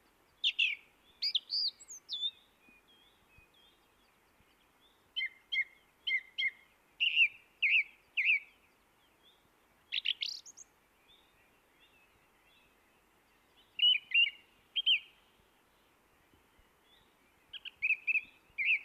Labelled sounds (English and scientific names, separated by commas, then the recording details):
Song Thrush (Turdus philomelos) song
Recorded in the wild
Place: Oberstdorf, Bayern, DE
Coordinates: 47.3797, 10.2944
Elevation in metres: 904
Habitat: mountains
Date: 1977-03-20
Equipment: Nagra IV, Sennheiser MKH 405, Parabolreflektor
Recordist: Tretzel, Erwin